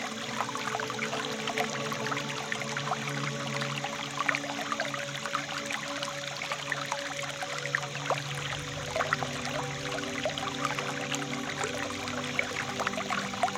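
A quick-moving stream rushes steadily with dense splashing, while wind chimes ring in sustained overlapping tones above it throughout the night.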